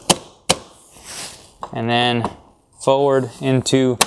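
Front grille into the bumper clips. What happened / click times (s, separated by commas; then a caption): The plastic panel snapped down into its clips / 0.5 s. A plastic GTD front grille (lighting package grille) on a MK7 GTI is pressed down into its bumper retaining clips and seats with one loud, sharp snap at 0.5 s. Someone talks afterward.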